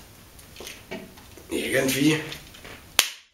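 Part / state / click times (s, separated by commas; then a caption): plastic toy part into the TIE Fighter model body / seated / 3.0 s. A plastic part is pushed into the body of a plastic First Order TIE Fighter toy model after earlier failing to go in properly, while someone talks. A single sharp, loud click at 3.0 s marks the part seating into place.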